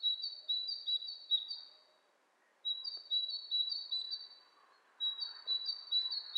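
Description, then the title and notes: Bird calls, thin high whistled notes in rapid runs, three bursts separated by short pauses, with faint low background noise. Two birds interacting; lo-fi recording. "bird dialogs. lo-fi recording of two birds interacting"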